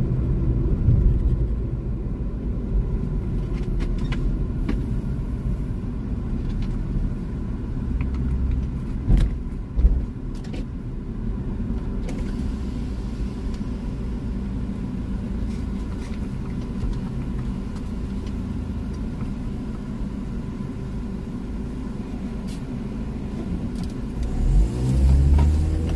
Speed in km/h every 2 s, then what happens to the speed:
45, 32, 18, 14, 14, 9, 5, 1, 3, 1, 0, 1, 7.
0-14 slows to 1. 14-23 standing. 23-26 pulls away to 7.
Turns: none.